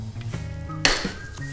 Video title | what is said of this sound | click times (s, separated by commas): 10K Mile Service - Part Four Harley Iron 883 Sportster | heard that loud click the pin is loose now so it'd be a lot easier once | 0.8 s